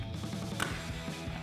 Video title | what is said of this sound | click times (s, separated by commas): 2015-2017 Mustang MMD GTX Leather Steering Wheel Review & Install | This one really has an audible snap there. | 0.6 s